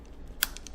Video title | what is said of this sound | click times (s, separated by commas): How to Fix Analog Stick Drift on Xbox Series X-S Controller (AIM Moving By itself & Take Apart) | okay heard the snap | 0.4 s